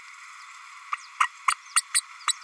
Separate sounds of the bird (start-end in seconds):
0.92-0.96, 1.20-1.27, 1.47-1.54, 1.75-1.82, 1.94-2.02, 2.27-2.33